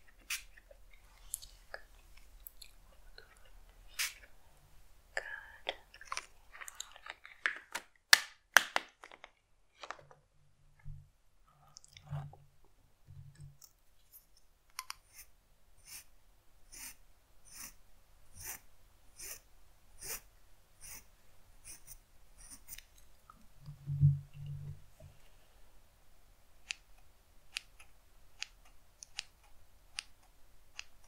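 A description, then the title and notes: ASMR haircut roleplay with crisp scissor snips and small clicks scattered across the clip, turning into a steady, rapid run of snipping from about 15 to 22 seconds. Soft low thumps come around 11 seconds and again near 24 seconds, over a quiet hush. ASMR Haircut Roleplay.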